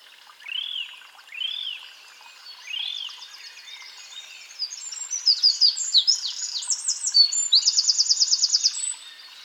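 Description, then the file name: Eurasian wren, three arched whistled notes, then a rushing high song of quick twitters and rapid trills, closing with a loud fast rattle. "Troglodytes troglodytes"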